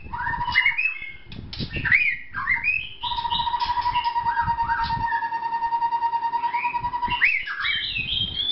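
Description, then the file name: White-rumped shama song: twisting whistled phrases, then one long level whistle lasting about four seconds, with soft low knocking beneath. Vietnam. "shama vietnam omkicau"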